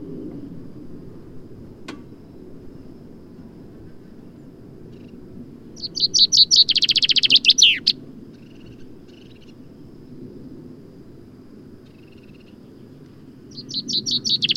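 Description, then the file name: Common chaffinch: a full descending trill with a terminal flourish midway, another song starting at the end, and a steady low rumble behind. "Fringilla coelebs"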